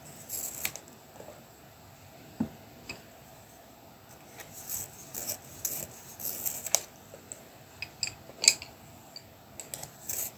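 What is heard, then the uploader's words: Colouring pencil work on paper: bursts of fine, bright scratching come and go in short strokes. A few sharper taps and clicks stand out, near 2.4, 6.8 and 8.5 seconds, over a faint low hum. Honing the tools of creativity, sharpening colour pencils before embarking on straight stripes - soothing sounds of colouring pencil work and paper massage for mindfulness, quiet reflection and possibly the unique sensation of ASMR.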